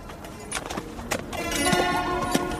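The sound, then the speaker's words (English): Horse hooves clip-clop in a slow, uneven pattern as a rider wheels the horse round, with a few sharp knocks over a steady background rumble and a faint tonal murmur toward the end. “60 feet out, I saw Dean wheel his horse and bring it round.”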